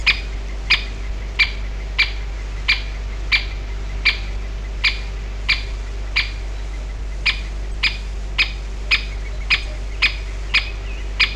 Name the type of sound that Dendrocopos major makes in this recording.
alarm call